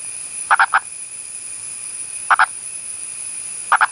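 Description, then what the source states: Purple frog producing groups of two or three quick knocking pulses, three bouts spaced well apart, with a steady hiss underneath. Elusive burrowing purple frog of India; vocal behaviour of a fossorial species.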